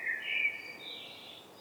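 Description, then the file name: Common blackbird makes a brief, rough, wavering call that fades into a thin, higher tail; light hiss behind. "Turdus merula"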